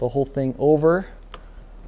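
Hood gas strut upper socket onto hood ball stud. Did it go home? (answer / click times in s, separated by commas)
yes / 1.3 s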